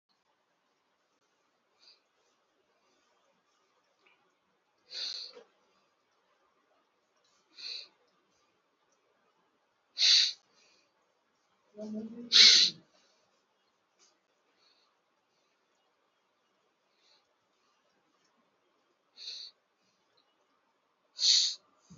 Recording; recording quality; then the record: shallow breathing; excellent, no background noise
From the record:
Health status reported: COVID-19 positive, moderate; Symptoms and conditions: breathing difficulty, fever, loss of smell and taste, hypertension, diabetes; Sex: male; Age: 57 years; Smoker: not ticked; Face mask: worn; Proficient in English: yes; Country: India